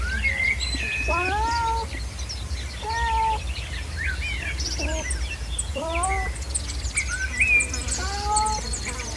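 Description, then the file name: Cat meows, several short plaintive calls, some rising and some falling, mixed with lively bird chirping and a low background rumble. Cat together with birds. "Chat Et Oiseaux"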